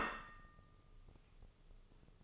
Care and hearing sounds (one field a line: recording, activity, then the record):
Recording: daily activity, microphone in the room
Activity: place plate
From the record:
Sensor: 4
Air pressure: 996.0 hPa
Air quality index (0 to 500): 63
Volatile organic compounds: 2 ppm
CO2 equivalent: 1124 ppm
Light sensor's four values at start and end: 13/37/13/14 and 13/37/13/14